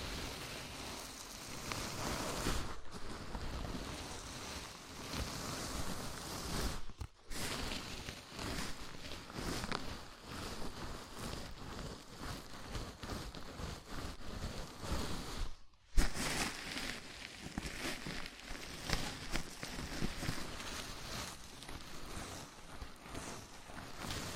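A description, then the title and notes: A scalp massage: fingers rub and scratch through hair in a dense, continuous rustle that swells and eases unevenly, bright and hissy with a soft low rumble. Brief pauses break it near 7 and 16 seconds, the second ending in a sharper bump. ASMR Sleepy Scalp Massage (No Talking).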